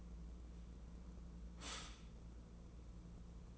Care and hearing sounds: daily activity, microphone in the room; stop toaster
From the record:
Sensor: 1

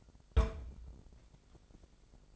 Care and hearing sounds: daily activity, microphone in the room; place on stove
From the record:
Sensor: 5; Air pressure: 999.3 hPa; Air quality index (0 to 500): 224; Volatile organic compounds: 22 ppm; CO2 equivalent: 2741 ppm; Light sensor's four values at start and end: 32/73/29/29 and 30/68/28/28

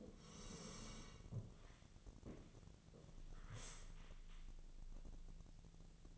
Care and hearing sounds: daily activity, microphone in the room; sit down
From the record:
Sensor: 4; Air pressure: 1001.2 hPa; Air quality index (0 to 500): 180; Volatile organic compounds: 2 ppm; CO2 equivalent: 1291 ppm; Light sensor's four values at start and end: 15/34/14/14 and 15/34/14/14

